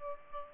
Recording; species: mosquito wingbeat signal from an infrared sensor; Aedes aegypti